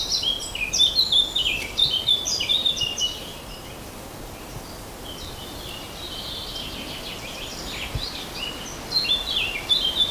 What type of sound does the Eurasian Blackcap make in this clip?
song